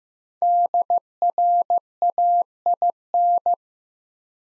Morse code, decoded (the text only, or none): DRAIN